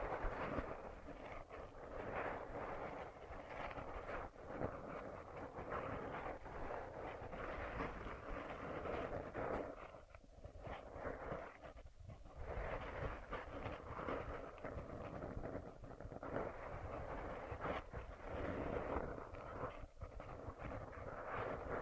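An ear massage with cleaning sounds: a thick, muffled rubbing and rushing that continues with little letup, full in the low and middle range. Short soft dips break it near ten, twelve and twenty seconds before the steady scrubbing resumes.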